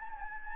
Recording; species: mosquito wingbeat signal from an infrared sensor; Anopheles gambiae